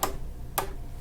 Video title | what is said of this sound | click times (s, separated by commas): Baby Lock Circular Sewing Attachment on the Altair | two clicks okay and my pin came out that's okay as long as i don't | 0.0 s, 0.6 s